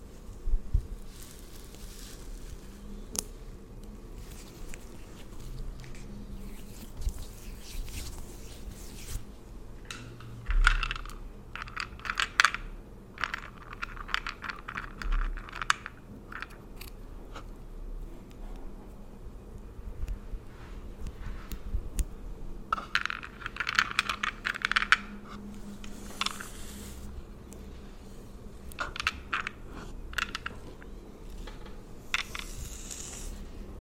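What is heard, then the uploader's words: Tingly layered sounds for skin and hair pampering: quick clicks, taps and crinkly scratches in clustered bursts, busiest around 10–16 seconds and 22–26 seconds. A low steady hum runs underneath, with scattered sharp ticks like small objects tapping or dropping. Pampering Your Skin & Hair. Layered Sounds Tingly Sounds.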